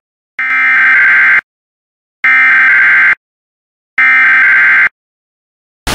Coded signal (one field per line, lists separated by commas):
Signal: Emergency Alert System (SAME) tones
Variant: header bursts